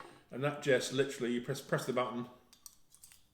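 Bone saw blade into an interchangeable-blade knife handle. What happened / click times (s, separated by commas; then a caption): The blade is being handled but has not locked in yet / none. A person talks while pressing the release button on an interchangeable-blade hunting knife and handling a bone saw blade toward its handle. Faint handling ticks follow from about 2.5 to 3.1 seconds. The blade has not yet locked in, and nothing has seated or clicked.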